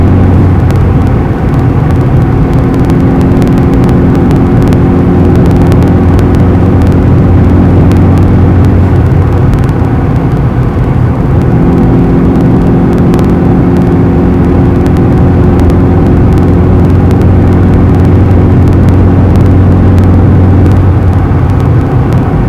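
A car's steady low engine drone with a constant hum and rumble, unchanging throughout, with a slight shift in tone around eleven seconds.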